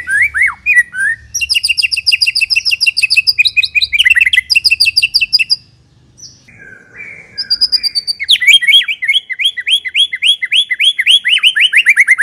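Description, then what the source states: White-rumped shama song with long rapid trills of sharp notes, a brief quiet break, then another fast run of repeated descending chirps. Lure (pikat) song of the white-rumped shama.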